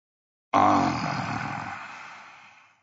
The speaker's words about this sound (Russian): Тут Григорий Григорьевич еще вздохнул раза два и пустил страшный носовой свист по всей комнате, всхрапывая по временам так, что дремавшая на лежанке старуха, пробудившись, вдруг смотрела в оба глаза на все стороны но, не видя ничего, успокоивалась